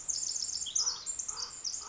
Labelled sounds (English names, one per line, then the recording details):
Pacific Wren
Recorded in Sonoma County, California